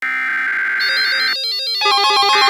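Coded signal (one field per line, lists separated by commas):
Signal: Emergency Alert System (SAME) tones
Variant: header bursts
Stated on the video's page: Mock Flash Flood Warning EAS alert played through weather radios; simulated.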